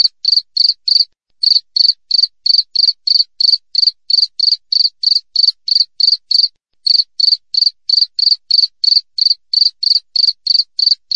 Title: Masteran Jangkrik Alam Jernih, Jeda Rapat Cocok Untuk Masteran Burung Dan Mengusir Tikus